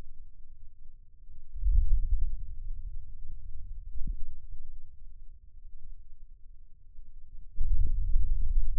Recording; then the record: forearm muscle sounds (acoustic myography)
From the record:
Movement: hand opening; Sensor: system 2, bracelet of six BSWA MPA416 microphones around the upper forearm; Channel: 1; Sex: male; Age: 22 years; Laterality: right